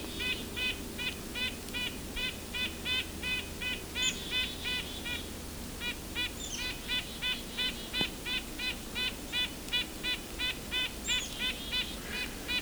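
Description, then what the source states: Red-breasted nuthatch giving a long, rapid series of short, nasal, tinny notes, about three per second, with occasional higher chips and background hiss. Very nasal call resembling white-breasted nuthatch; bird drawn in by pishing during a Christmas Bird Count on Isthmus Bay Road near Swan Lake Lane and Forty Hills Road.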